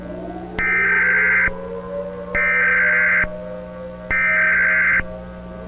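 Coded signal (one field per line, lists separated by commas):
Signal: Emergency Alert System (SAME) tones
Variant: header bursts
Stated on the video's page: Fictional EAS scenario, a simulated alert.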